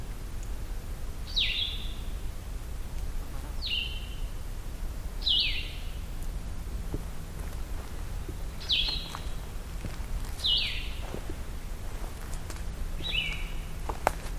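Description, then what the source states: Blue-headed Vireo song: six short slurred phrases spaced a few seconds apart, over a low steady background rumble. Song described as similar to the red-eyed vireo's but a lot sweeter sounding; recorded in the Allegheny National Forest.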